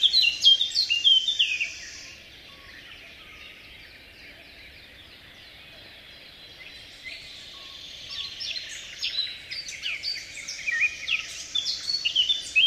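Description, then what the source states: Eurasian blackcap song: a loud burst of high, quick warbling at the start, a quieter pause with faint notes, then another rapid, twittering warble. A listener's requested favourite, played on the radio; fluting notes near the song's end are a good field mark, though individuals vary; compared with the garden warbler, also a skilled singer.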